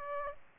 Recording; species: mosquito wingbeat signal from an infrared sensor; Aedes aegypti